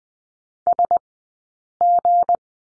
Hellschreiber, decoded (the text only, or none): none